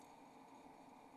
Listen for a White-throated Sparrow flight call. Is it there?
no